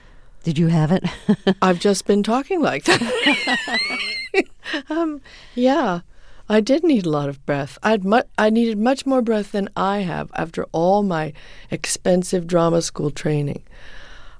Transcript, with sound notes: Did you have it?
I've just been talking like that.
(LAUGHTER)
Yeah. I did need a lot of breath. I had - I needed much more breath than I have. After all my expensive drama school training,